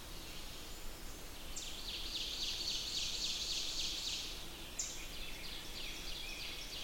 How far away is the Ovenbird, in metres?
about 50 m